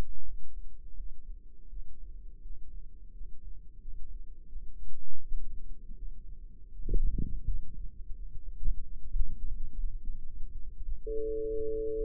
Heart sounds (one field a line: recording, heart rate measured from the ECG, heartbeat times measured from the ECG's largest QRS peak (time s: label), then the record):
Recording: heart sounds by microphone in the left ear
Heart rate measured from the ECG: 84 bpm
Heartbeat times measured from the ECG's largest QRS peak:
0.22 s: heartbeat
0.94 s: heartbeat
1.67 s: heartbeat
2.40 s: heartbeat
3.11 s: heartbeat
3.78 s: heartbeat
4.46 s: heartbeat
5.18 s: heartbeat
5.94 s: heartbeat
6.70 s: heartbeat
7.44 s: heartbeat
8.13 s: heartbeat
8.81 s: heartbeat
9.52 s: heartbeat
10.24 s: heartbeat
10.95 s: heartbeat
11.67 s: heartbeat
From the record:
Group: healthy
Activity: rest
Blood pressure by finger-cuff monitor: 108/62 mmHg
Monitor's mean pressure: 76 mmHg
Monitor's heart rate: 83 bpm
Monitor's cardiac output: 7.1 L/min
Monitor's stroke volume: 83 mL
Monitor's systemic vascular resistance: 780 dyn s/cm5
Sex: female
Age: 26 years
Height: 165 cm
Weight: 55 kg